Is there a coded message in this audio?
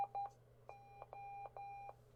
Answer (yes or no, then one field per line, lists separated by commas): no